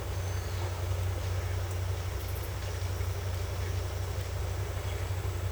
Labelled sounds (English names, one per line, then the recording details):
none
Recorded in secondary vegetation near Puerto Asís, Putumayo, Colombia, on 16 December 2024 at 09:30
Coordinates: 0.468, -76.324
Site G095